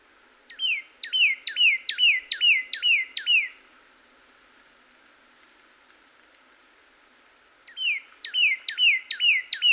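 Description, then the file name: Northern cardinal song: two bursts of rapid repeated slurred notes, each sweeping down then flattening, separated by a quiet pause. Recorded 26 April 2019. "2019-04-26 Cardinal"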